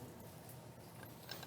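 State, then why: Seated. After struggling to line it up, a 3D-printed plastic part of a Tesla-coil lamp is pushed into its housing over a low, steady background hum, with a faint tap at 1.0 s. A short, sharp click at 1.3 s marks the part snapping in, and the part is seated and confirmed good.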